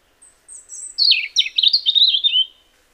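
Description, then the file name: European robin song phrase: thin high opening notes, then a rapid tumbling run of sweet trilled and warbled notes that fades out. "Erithacus rubecula"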